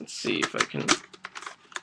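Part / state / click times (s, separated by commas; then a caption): part of a plastic toy gun fitted into the gun body / seated / 1.8 s. A part of a realistic plastic toy gun is fitted into the gun body while someone talks, followed by a few small plastic clicks and rattles. It snaps home and locks into place at 1.8 s.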